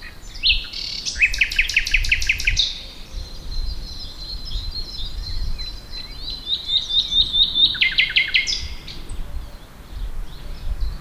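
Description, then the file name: Common nightingale song with a loud rattling trill, a long thin sustained whistle, then more rapid repeated notes. "Luscinia megarhynchos"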